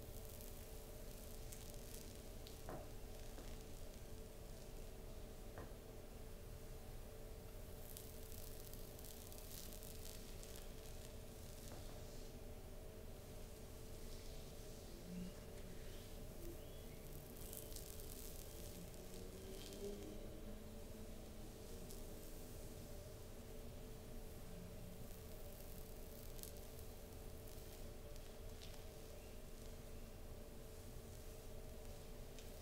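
A slow, gentle back scratch over fabric, heard as a soft, steady rustling hiss that barely changes in level for the whole stretch. A low constant hum runs underneath, and faint brighter scrapes surface now and then, a little more often in the second half.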